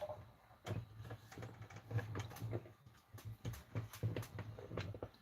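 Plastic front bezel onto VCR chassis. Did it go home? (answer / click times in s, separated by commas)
no / none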